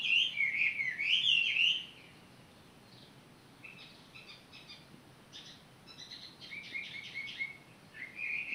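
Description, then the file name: Bird song: a loud warbled phrase of rising and falling notes for about two seconds, then quieter short chirps and trills, ending with another brief warble. Recorded 18 April 2022. "20220418 birdsong"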